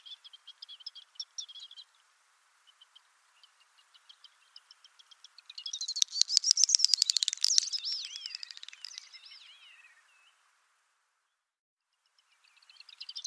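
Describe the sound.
Bird with scattered high chips, then a long, loud, fast twittering trill with sliding whistled notes, fading into quiet before chirps resume at the end.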